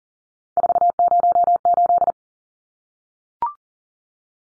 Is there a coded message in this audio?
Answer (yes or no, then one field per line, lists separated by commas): yes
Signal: Morse code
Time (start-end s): 0.6-2.1 s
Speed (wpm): 40 wpm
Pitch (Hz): 700 Hz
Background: none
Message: 408